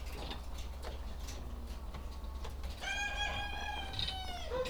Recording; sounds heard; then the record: poultry house recording; sick chickens (respiratory disease)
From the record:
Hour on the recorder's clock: 17